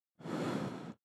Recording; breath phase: one breath near a microphone; exhalation